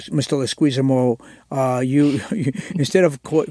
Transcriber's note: laughter